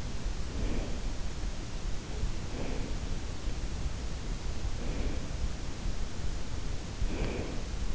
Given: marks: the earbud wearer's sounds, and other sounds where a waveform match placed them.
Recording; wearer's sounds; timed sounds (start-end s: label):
sounds in sleep by an in-ear microphone; breath
0.08-1.57 s: breath
2.28-3.45 s: breath
4.48-5.84 s: breath
6.48-7.90 s: breath